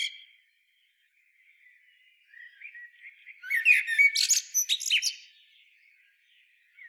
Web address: SETE Turdus merula